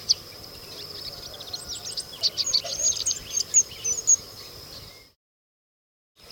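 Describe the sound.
African pygmy kingfisher giving high, thin squeaky calls in a scattered series over a steady hiss of background noise.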